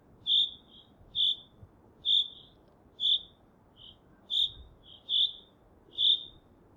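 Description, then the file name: Common chaffinch calling with crisp high notes about once a second, a few softer notes slipped between them, and quiet low background noise. "Fringilla coelebs"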